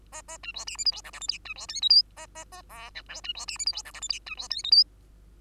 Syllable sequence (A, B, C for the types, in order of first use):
A A B C D E F G H I J K B C L M N A A A O P Q B C D E F G H I J K B C L M N